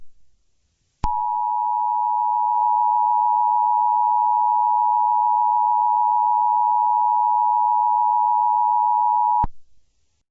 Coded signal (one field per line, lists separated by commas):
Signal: Emergency Alert System (SAME) tones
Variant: 853 and 960 Hz attention tone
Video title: EAS Scenario: The Marathon Fire